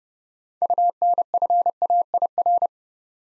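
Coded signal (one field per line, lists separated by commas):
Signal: Morse code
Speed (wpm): 30 wpm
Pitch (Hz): 700 Hz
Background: none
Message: UNFAIR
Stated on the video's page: Morse practice at 30 wpm building 6-letter words two letters at a time, for instant character recognition training.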